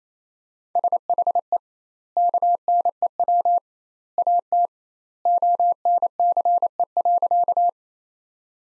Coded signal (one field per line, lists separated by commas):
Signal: Morse code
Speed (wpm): 28 wpm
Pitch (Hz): 700 Hz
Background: none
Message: SHE KNEW AT ONCE.